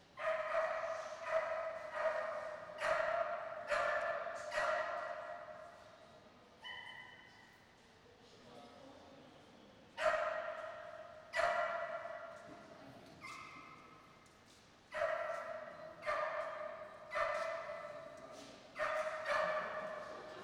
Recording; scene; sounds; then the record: everyday scene through a hearing-aid microphone; reverberant space; barking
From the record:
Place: railway station hall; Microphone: in the ear canal, right